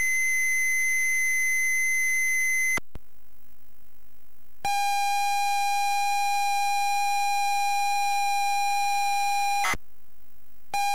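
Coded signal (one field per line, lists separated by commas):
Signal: ZX Spectrum tape loading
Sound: a steady high beep, silence, then a long harsh buzzing lead tone, then silence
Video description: ZX Spectrum load up and quick game play of Knight Tyme loaded up using a zx spectrum +3 with a wh smith cpd8300 cassette player.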